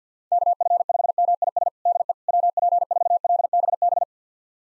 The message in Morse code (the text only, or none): KF5MIS DE WP4LBB